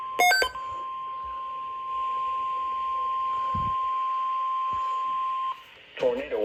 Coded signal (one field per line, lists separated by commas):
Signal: Emergency Alert System (SAME) tones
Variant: 1050 Hz attention tone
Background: speech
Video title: The rest of April’s scrimmage - EAS Alerts from Mid-Late April and early May [EAS #859-907]